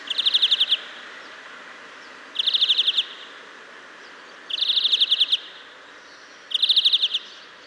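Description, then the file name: European greenfinch giving short, high, rapid trills of about eight notes, four bursts spaced roughly two seconds apart, over steady soft background hiss. "Chloris chloris"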